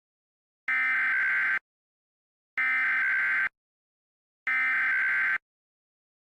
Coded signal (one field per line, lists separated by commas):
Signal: Emergency Alert System (SAME) tones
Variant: header bursts